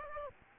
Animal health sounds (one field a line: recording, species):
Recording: mosquito wingbeat signal from an infrared sensor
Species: Aedes albopictus